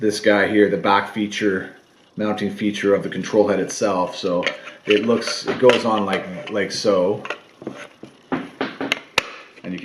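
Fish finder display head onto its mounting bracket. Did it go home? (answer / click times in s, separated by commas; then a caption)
yes / 9.2 s. A Lowrance Hook2 5 fish finder display (control head) is pushed onto its plastic gimbal mounting bracket while someone talks. After a few softer handling sounds, it snaps into place with a sharp click at 9.2 seconds and is seated.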